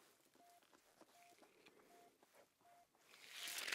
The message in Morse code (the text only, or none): none